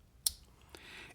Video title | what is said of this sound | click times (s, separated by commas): It’s super compact, powerful AND inexpensive. The Loop Gear SK-03 | it's actually on this side over here so you get that wonderful positive click | 0.3 s